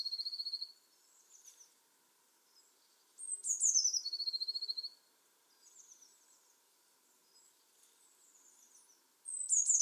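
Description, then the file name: Eurasian blue tit giving high, thin, descending notes that end in a rapid trill, one full phrase mid-way, with partial phrases at the start and end. "Cyanistes caeruleus"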